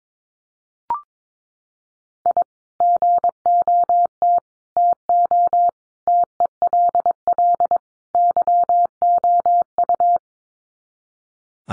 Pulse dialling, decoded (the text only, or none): none